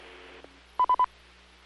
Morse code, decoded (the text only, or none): none